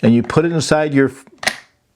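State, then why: Not seated. Someone talks while handling a push-button extension pole, bringing its tip toward the socket of a paint roller frame handle, with a short sharp sound near 1.5 seconds. The clip ends before the pole goes home, so nothing has seated or clicked yet.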